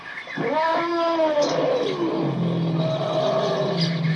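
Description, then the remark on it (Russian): A large wild elephant trumpets loudly, a brassy call that slides downward in pitch and settles into a lower, drawn-out roaring rumble lasting several seconds, with no talking. “Вдруг она чуть не столкнулась с большим диким слоном.”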